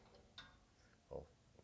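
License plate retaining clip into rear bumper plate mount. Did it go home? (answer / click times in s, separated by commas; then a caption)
yes / 0.4 s, 1.2 s. Small license plate retaining clips are pushed one at a time into the holes of a new steel Barricade rear bumper on a 2016 Ford F150 XL FX4. Two short, sharp snaps are heard at 0.4 s and 1.2 s, and each clip seats in its hole.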